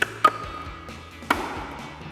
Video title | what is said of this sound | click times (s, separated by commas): 2011-2016 F-250 Powered Heated Memory Power Folding Towing Mirrors Review & Install | That's gonna slide right onto the mirror and snap right into place. | 0.0 s, 0.2 s, 1.3 s